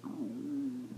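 A single one-second, low, droning groan that slides down quickly, then holds a steady low pitch before fading. It is an adult's stomach growl (borborygmus), an ordinary gurgling noise of gas and fluid moving through the gut.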